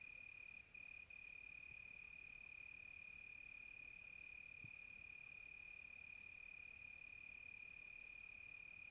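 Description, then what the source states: Crickets give a continuous high-pitched trill, with softer intermittent buzzy bands from other insects higher up and one brief low knock midway. Crickets on a quiet tropical night, recorded close.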